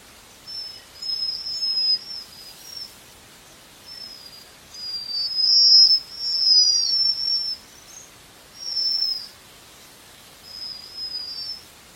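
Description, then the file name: Japanese waxwing calls: a run of high, thin, buzzy trilled whistles, several overlapping in the middle, repeated irregularly across the recording against soft background hiss. "Canto da japanese Waxwing"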